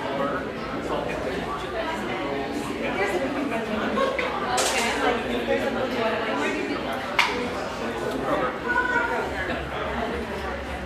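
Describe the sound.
Steady murmur of many overlapping conversations fills a busy Portland eatery frequented by railyard staff, with no single voice standing out for long. A brief clatter comes near the five-second mark and a sharp click or clink just after seven seconds, over a constant low hum.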